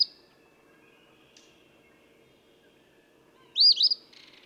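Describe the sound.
Eastern phoebe song: a single harsh, buzzy two-part phrase near the end, following a cut-off note at the start.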